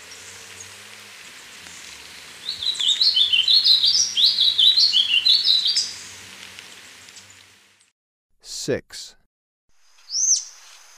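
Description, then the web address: Brown-capped vireo warbling, a quick run of high chattering notes for a few seconds, followed later by a sharp downward sweep and a brief high note. Ecuador. "Birds of Ecuador. Brown-capped Vireo"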